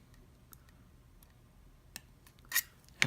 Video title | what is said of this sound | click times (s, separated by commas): Galaxy S8 LCD Replacement in Salt Lake City Utah Tech MD | I heard a click so we're good | 3.0 s